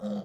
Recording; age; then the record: pig call; piglet (1 to 25 days)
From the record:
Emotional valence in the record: negative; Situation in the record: short isolation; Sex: male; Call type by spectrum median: low-frequency call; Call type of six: low-frequency modulated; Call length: 0.25 s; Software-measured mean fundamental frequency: 70 Hz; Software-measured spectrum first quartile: 205 Hz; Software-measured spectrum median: 297 Hz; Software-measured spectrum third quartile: 602 Hz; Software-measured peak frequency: 200 Hz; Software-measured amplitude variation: 93 dB a second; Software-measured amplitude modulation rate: 14.0 a second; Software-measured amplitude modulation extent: 6.7 dB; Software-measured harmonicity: 5.1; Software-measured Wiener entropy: -0.42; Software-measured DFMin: 651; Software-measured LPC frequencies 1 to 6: 502, 3255, 3743, 4610, 5398, 6160 Hz